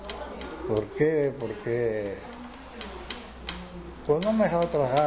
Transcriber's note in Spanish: none